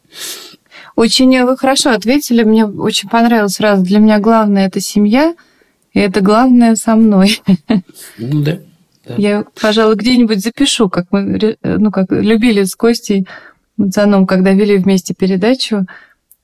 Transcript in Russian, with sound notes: Очень Вы хорошо ответили, мне очень понравилось: «раз для меня главное — это семья, и это главное — со мной». (Смеется.)
— Ну да.
— Я, пожалуй, где-нибудь запишу... Как любили с Костей Мацаном, когда вели вместе передачу,